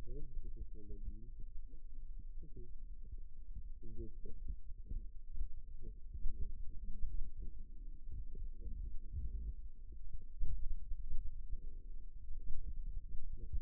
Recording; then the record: forearm muscle sounds (acoustic myography)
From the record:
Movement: rest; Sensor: system 2, bracelet of six BSWA MPA416 microphones around the upper forearm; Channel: 2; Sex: male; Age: 22 years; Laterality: right